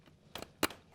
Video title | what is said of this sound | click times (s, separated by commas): Jeep Grand Cherokee (2011-2016) - Dodge Durango (2011-2020) – Part 2/2 – Bottom Cover Installation | voila okay perfect here's our yellow connection double kick double catch rig | 0.4 s, 0.6 s